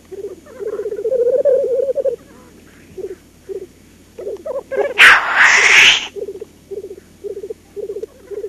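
Black grouse low bubbling rookoo phrases, then a loud rasping, rising hissed sneeze, followed by more short bubbling pulses.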